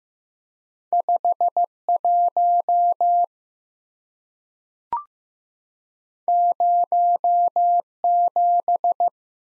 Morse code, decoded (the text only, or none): 51 07